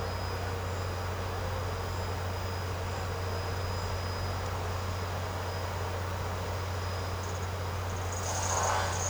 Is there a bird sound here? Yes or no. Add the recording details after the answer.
no. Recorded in secondary vegetation near Puerto Asís, Putumayo, Colombia, on 19 March 2025 at 11:30. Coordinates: 0.468, -76.324. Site G059